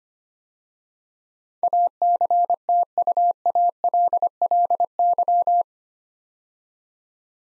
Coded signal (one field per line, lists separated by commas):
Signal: Morse code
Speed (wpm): 25 wpm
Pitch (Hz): 700 Hz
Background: none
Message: ACTUALLY